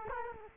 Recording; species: mosquito wingbeat signal from an infrared sensor; Culex quinquefasciatus